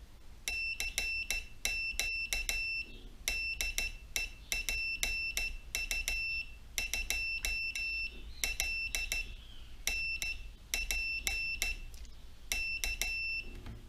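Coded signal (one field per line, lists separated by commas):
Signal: Morse code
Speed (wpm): 14 wpm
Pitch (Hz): 2700 Hz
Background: none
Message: CQ DE PU2LNP K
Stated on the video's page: CW practice oscillator (model CW-TR2) keyed with a bug-type semi-automatic key.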